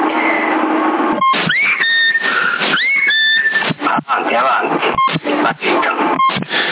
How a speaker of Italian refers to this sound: K, va bene, adesso tolgo tutti i bip, dai, sennò vi mangio il cervello.